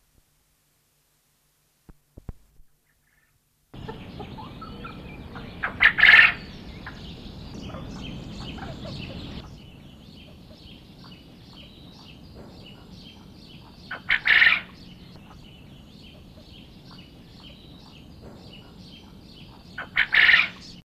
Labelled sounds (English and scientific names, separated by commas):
Rain Quail (Coturnix coromandelica) call